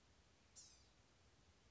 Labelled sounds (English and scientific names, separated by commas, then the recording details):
Blue-gray Gnatcatcher (Polioptila caerulea)
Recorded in Sonoma County, California